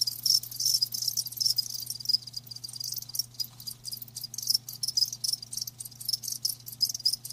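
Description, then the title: High, buzzy cricket chirps in rapid pulses forming a nearly continuous chorus, with a low background hum. Crickets chirping with a lulling song. "Live Crickets Chirping"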